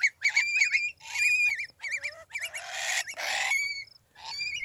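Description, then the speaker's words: Long-billed Curlew screeching: repeated wavering whistles that rise and fall rapidly, with harsh rasping bursts mixed in, almost continuous. Screeching adult curlews, the sound expected at a nest; they dive-bomb would-be predators, screeching madly, signalling other curlews nearby to join the defense (mobbing). "This is what Heather was expecting to hear at the nest. That's the sound of screeching adult curlews."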